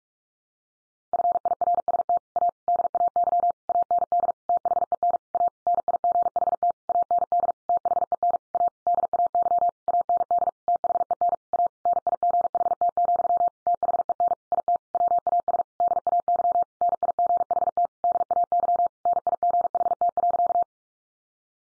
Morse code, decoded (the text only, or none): FIRST A DAY AND THEN A NIGHT AND THEN A DAY AND THEN A NIGHT, THEN IT WAS DAY NIGHT DAY NIGHT.